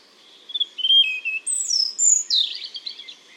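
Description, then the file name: European robin song phrase: drawn-out pure whistles, a very high sliding note, then a hurried, jangling twitter at the end. "Erithacus rubecula"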